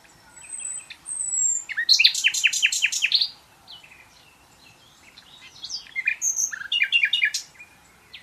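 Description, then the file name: Common nightingale delivering loud rapid repeated notes after a thin whistle, a pause with soft scattered notes, then another fast burst of varied chirps. "Luscinia megarhynchos"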